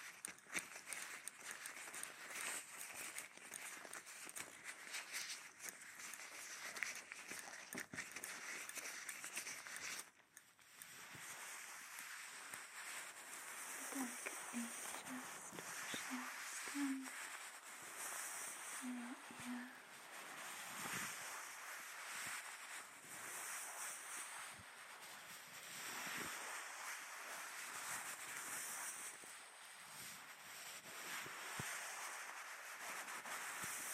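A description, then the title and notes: Continuous rubbing and scratching against the microphone, dense and bright, shifting texture after ten seconds, with faint murmured tones around fifteen seconds. Cleaning Deep in Your Ears Ear Massage.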